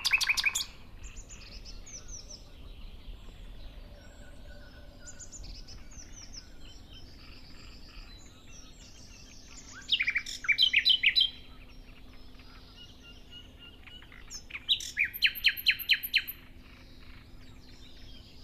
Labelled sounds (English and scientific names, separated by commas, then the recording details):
Common Nightingale (Luscinia megarhynchos) song
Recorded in the wild
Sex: male
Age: adult
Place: Teerofenbrücke, Nationalpark Unteres Odertal, Brandenburg, DE
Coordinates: 53.1328, 14.3497
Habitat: decidous forest
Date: 2013-05-04
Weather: sunny, windless, 5°C
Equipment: Sound Devices 702, Sennheiser MKH 70, Rycote Windschutz
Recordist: Frommolt, Karl-Heinz